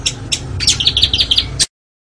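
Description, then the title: Oriental magpie-robin song: a short run of bright, high chirped notes over a low background hum, ending abruptly. "Kacer"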